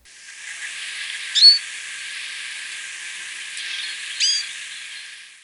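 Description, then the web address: Hooded siskin giving two brief, high, sliding call notes nearly three seconds apart, set against constant hissing noise. Recorded in Ecuador. "Birds of Ecuador. Hooded Siskin"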